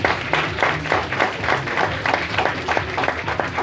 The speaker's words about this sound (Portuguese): Bom, gente, vamos direto ao tema, que esse treinamento tem uma série de informações, mas antes de mais nada, eu queria, de verdade, uma grande salva de palmas à parte da manhã, os palestrantes. Vamos dar uma salva de palmas de jeito que seja.